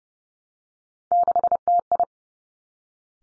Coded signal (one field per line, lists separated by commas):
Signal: Morse code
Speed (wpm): 30 wpm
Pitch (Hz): 700 Hz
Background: none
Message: 6TI